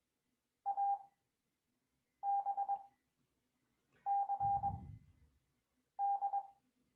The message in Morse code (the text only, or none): ABCD